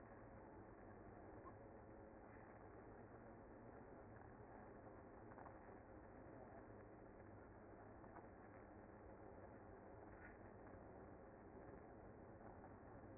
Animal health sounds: honeybee colony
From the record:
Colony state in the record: active

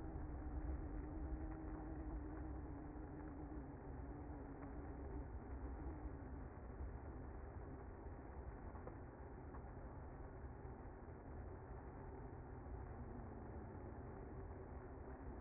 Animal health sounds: honeybee colony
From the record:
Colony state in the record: active

